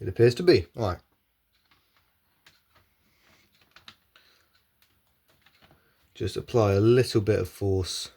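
A plastic bottom cover is being handled against the chassis of a Dynabook Portege A30-E-14N laptop during an SSD and battery replacement, to be pressed on with a little force so its retaining clips snap into place. Someone talks at the start and end, with a few faint small ticks and knocks in the quiet middle. Nothing has seated or clicked yet.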